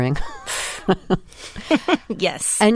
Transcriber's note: laughter